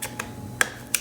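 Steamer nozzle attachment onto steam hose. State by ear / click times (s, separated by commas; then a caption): seated / 0.6 s. A steam cleaner nozzle attachment with a single-prong hole is pushed onto the end of the steam hose and snaps into place with a loud, sharp click at 0.6 s. Fainter ticks come before it, and another sharp click follows at about 0.9 s. The attachment is seated on the hose.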